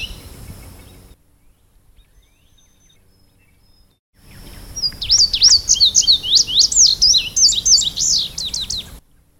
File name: suara kicauan burung indigo bunting. omkicau